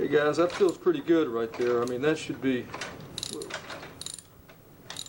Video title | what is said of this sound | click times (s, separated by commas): Mclane vs Yard Machine gas edger blade removal | oop, just stripped it more. | 3.2 s